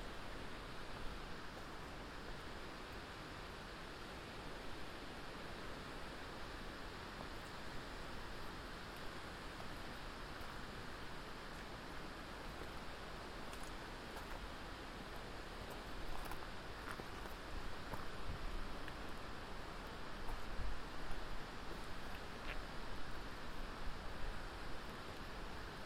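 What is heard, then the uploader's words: A binaural recording from a hike on the Curecanti Creek Trail, filled with a dense, steady roar of wind noise that is heaviest in the low end. Scattered small ticks and scuffs appear from about 16 seconds, and the rush swells slightly louder after 20 seconds. A binaural field recording of hiking the Curecanti Creek Trail near Black Canyon of the Gunnison. The recording starts near the Curecanti Needle, a 700 ft granite spire, and continues as we walked the two mile back up the ravine to the Pioneer Point overlook. It is a strenuous hike with plenty of wind noise.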